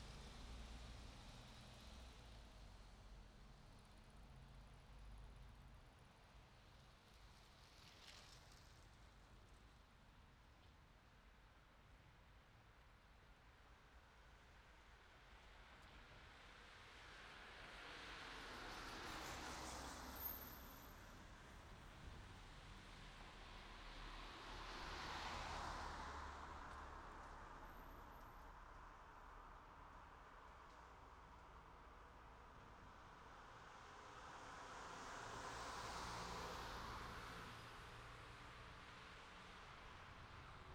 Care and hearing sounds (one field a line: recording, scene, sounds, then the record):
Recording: everyday scene through a hearing-aid microphone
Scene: in traffic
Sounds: traffic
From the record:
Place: city secondary road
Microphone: in the ear canal, right